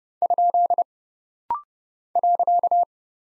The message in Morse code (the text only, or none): ? .